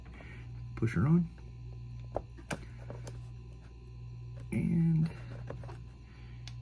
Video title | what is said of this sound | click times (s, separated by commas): Anderson PowerPole Install on Watt Meter | here's a little click | 6.5 s